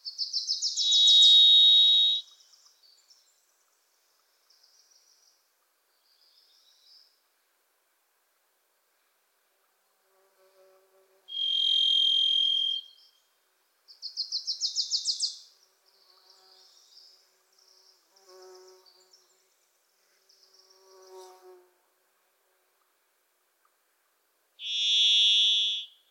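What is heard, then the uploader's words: A varied thrush gives long, buzzy, high whistled notes near 0, 12 and 25 seconds, with faint trills and soft calls between in near silence. The Varied Thrush, Ixoreus naevius, is a wisp in the forests of the Pacific Northwest. Singing its songs from deep within the trees, difficult to locate in somber reverberate.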